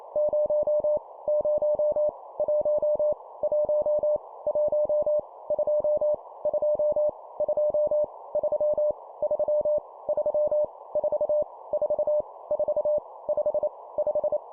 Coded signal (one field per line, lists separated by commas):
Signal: Morse code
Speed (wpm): 28 wpm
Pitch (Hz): 600 Hz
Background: none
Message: 0 0 1 1 1 2 2 2 3 3 3 4 4 4 5 5